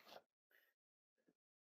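A metal buckle tongue is handled and lined up with the female end of a restraint vest buckle, after the webbing and the inside of the buckle have been checked. Three short bursts of broadband handling noise are heard, near 0.0–0.3 s, 0.5–0.75 s and 1.15–1.35 s. Nothing has seated or clicked yet.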